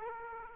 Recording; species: mosquito wingbeat signal from an infrared sensor; Aedes aegypti